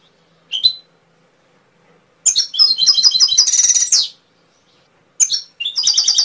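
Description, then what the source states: Canary song: a short chirp, then a long rapid trill of bright repeated notes lasting about two seconds, followed by a pause and further quick chirps and trilling. Canary song used as a training recording (masteran) to stimulate songbirds to sing.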